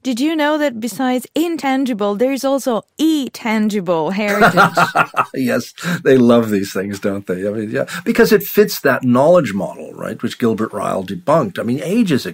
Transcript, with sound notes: Did you know that besides intangible there's also e-tangible heritage? [laughs]
Yes, they love these things, don't they? Yeah, because it fits that knowledge model, right, which Gilbert Ryle debunked, I mean, ages ago.